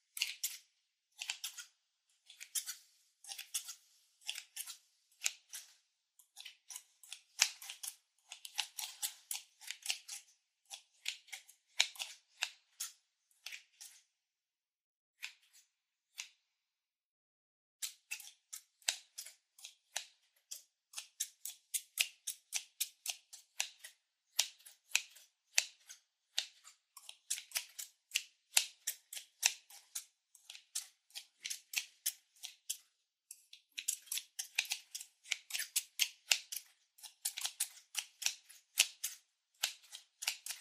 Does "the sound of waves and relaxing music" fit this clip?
no